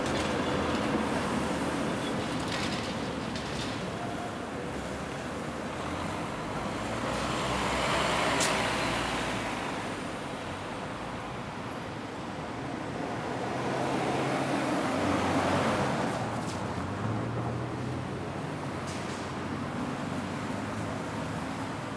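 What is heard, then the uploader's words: Steady traffic noise as a constant road wash, swelling around eight and fifteen seconds as vehicles pass, with a brief bright click. Traffic White Noise.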